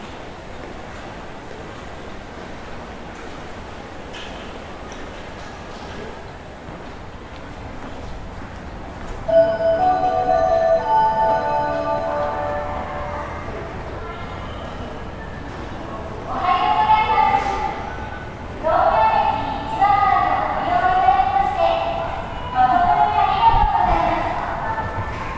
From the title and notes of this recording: Sounds of Tokyo | Tokyo, Japan.